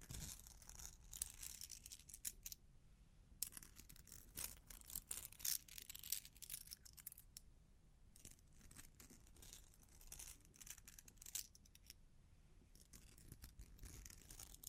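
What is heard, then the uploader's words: Long claws tap and scratch in quick, irregular bursts of sharp, bright clicks and scrapes, dense from the start to about 2.5 seconds, then again from 3.5 to 7.5 and 8 to 14 seconds. Brief pauses separate the flurries, over a steady low rumble. Long Claws Tapping and Scratching (No Talking).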